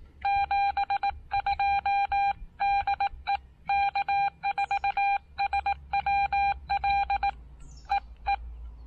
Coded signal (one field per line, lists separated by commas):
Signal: Morse code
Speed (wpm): 18 wpm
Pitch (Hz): 800 Hz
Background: none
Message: 72 DE K4SWL E E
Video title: First CW POTA activation with my new Xiegu X6100 at Lake Norman State Park!